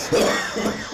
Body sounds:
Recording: coughing mixed with background sound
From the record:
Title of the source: Spring Cold Coughing 3

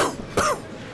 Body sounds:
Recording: coughing mixed with background sound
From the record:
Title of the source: Coughing 79

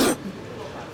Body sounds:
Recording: coughing mixed with background sound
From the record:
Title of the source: 60 coughing still (deep and wet cough)

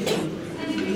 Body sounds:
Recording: coughing mixed with background sound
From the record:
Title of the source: 61 morning phlegmy cough...again

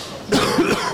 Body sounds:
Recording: coughing mixed with background sound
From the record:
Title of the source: Coughing 46

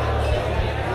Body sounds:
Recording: background sound without coughing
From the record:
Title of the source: CITY SOUNDS Busy Bar in the Evening Night - 2 HOURS of Ambiance for Relaxation

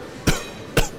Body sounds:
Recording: coughing mixed with background sound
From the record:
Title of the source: Coughing 51

